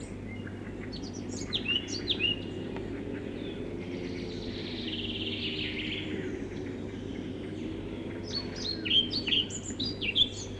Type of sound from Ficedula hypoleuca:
song